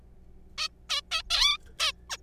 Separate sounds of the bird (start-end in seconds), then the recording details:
0.58-0.68, 0.90-1.01, 1.11-1.22, 1.30-1.58, 1.79-1.92, 2.10-2.17. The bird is a juvenile. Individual R3428